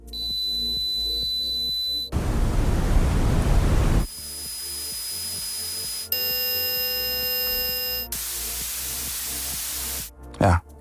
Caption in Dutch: Blootgesteld worden aan te hard geluid dat kan bij sommige mensen tinnitus veroorzaken continu geluid van piepen, fluiten, suizen, brommen of zoemen. Sommigen horen dit soort geluiden dus de hele dag.